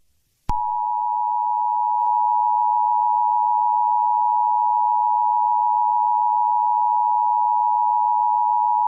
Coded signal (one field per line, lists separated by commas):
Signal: Emergency Alert System (SAME) tones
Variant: 853 and 960 Hz attention tone